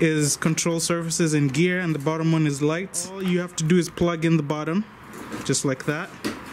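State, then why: Not seated. Someone talks while the bottom (lights) connector of the wing wiring harness on a Baja Hobby L39 RC jet model is brought to its mating connector on the fuselage; the top connector handles control surfaces and gear. The talking grows quieter near the end, and nothing has seated or clicked yet.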